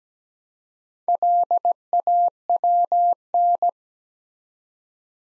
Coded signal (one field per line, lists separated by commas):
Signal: Morse code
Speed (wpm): 17 wpm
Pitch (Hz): 700 Hz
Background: none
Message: LAWN